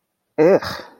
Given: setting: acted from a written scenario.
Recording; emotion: vocal sound without words; contempt